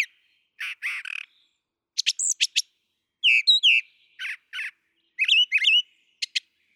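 Brown thrasher song with separated phrases of harsh chattering notes and high whistled slurs, often repeated twice, broken by short silences.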